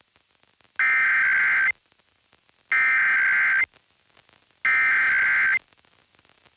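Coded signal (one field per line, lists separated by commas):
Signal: Emergency Alert System (SAME) tones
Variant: header bursts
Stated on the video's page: Required monthly tests from Pennsylvania broadcast and TV stations.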